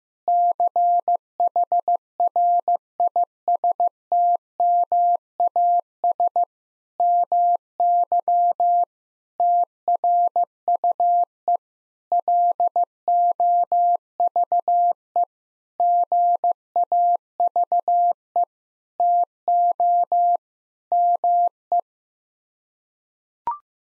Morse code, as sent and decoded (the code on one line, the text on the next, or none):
-.-. .... .-. .. ... - -- .- ... / -- -.-- / - .-. ..- . / .-.. --- ...- . / --. .- ...- . / - --- / -- .
CHRISTMAS MY TRUE LOVE GAVE TO ME